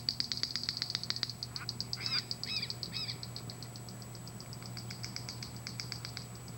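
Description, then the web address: Wren-like Rushbird song: a fast, dry ticking series, steady then fading, with several nasal, honking calls from another bird near the middle. "cantos junquero"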